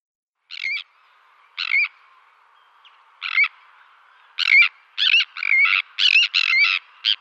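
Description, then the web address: Sandwich tern calls: harsh, scratchy two-part notes spaced a second or more apart at first, then coming faster and more closely bunched toward the end. "Schulze Peter Sandwich Tern"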